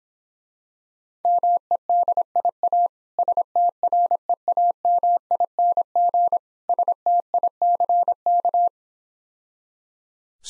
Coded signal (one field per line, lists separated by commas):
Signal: Morse code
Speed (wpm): 26 wpm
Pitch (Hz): 700 Hz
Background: none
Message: MEDIA STREAMING STICK